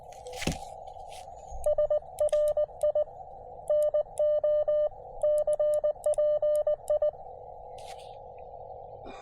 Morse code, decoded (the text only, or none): SRI NO CPI